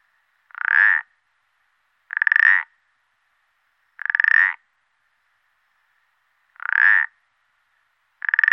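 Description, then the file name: Common parsley frog repeating short pulsed, creaky croaks, five of them at uneven intervals, against silence. "pelodyte ponctuee"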